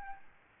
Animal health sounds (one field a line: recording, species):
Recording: mosquito wingbeat signal from an infrared sensor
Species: Aedes albopictus